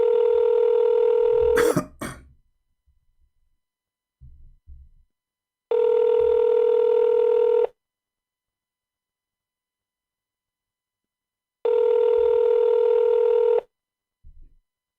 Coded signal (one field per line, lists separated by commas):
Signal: telephone call progress tone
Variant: North America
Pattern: ringback tone